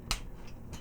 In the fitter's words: rotate a little bit further and you'll hear it click